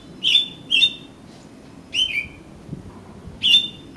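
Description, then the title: Oriental magpie-robin song: four short whistled notes that slur downward, the first two close together, then two more spaced apart. "Kacer Kacer"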